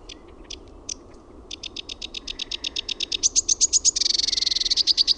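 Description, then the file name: Sedge warbler song: a few scattered dry notes, then a fast accelerating series of rasping, chattering notes growing louder, ending in rapid high trills. "RUOKOKERTTUNEN"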